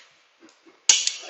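A click-type torque wrench tightens a bolt on a Honda GX390 engine during assembly until it clicks at its setting at 0.9 s. A sharp, bright click rises out of near silence, followed by a brief ringing tail and a smaller tick at 1.1 s. The wrench reaches its torque setting and the bolt is confirmed tightened.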